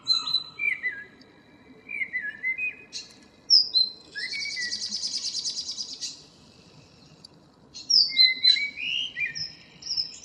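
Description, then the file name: Common blackbird song with high squeaky twittering phrases, over a quiet background. "Turdus merula"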